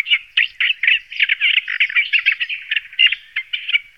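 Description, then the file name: Olive-tree warbler song: a continuous, harsh, scratchy chatter of rapid grating notes that runs without pause for the whole stretch, with no other sounds. "sedmihlásek-olivový"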